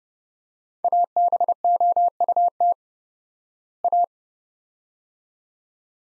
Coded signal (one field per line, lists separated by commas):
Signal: Morse code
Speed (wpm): 30 wpm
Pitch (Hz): 700 Hz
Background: none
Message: ABOUT A